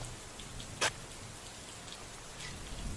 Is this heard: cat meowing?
no